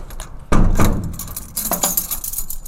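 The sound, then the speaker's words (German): Metallic keys jangle and scrape as a key turns in a locked door in a prison in northern Germany, with a sharp clunk of the lock mechanism at the start and bright rattling clinks, followed by another softer metallic jangle. “Und manchmal Schlüssel, die sich im Schloss drehen.”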